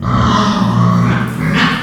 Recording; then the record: squeal of a Yucatan mini pig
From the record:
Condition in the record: after surgery on the right vocal fold (resection and tissue-engineered implant); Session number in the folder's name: 15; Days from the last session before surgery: 175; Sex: female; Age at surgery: 19 weeks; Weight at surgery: 25 kg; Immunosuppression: prednisolone